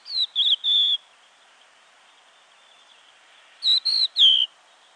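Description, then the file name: Crested lark calling with three sweet, descending whistles, a silence of over two seconds, then another set of three similar whistled notes. "DZIERLATKA"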